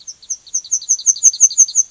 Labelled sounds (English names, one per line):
Yellowhammer song